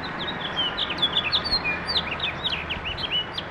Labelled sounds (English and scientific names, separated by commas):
House Finch (Haemorhous mexicanus) song